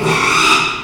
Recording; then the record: squeal of a Yucatan mini pig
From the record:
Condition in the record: after surgery on the right vocal fold (resection and tissue-engineered implant); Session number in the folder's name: 1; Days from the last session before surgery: 6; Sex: male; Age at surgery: 12 weeks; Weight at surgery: 13 kg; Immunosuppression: cyclosporine, prednisolone